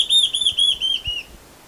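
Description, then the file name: Large-tailed antshrike song ending: loud, rapid whistled notes that slowly fall in pitch and then stop, followed by quiet. "canto da borralhara assobiadora"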